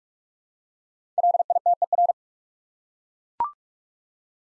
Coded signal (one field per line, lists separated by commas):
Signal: Morse code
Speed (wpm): 44 wpm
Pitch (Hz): 700 Hz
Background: none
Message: LITER